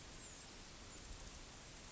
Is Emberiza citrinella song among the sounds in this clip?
no